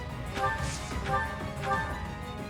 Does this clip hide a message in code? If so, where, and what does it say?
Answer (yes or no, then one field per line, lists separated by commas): no